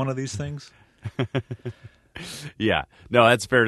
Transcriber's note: soundbite of laughter